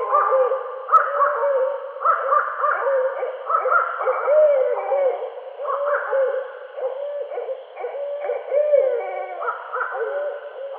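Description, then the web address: Barred owl calls: a long, continuous run of hoarse, wavering hoots and cackling notes, rising and falling. Recorded 8 September 2011. "Barred Owl 2011 09 08"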